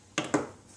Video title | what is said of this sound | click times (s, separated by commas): How to make caramel in the microwave - Mr. Meteer | on the can like so, and you squeeze together until you hear a little click, | 0.2 s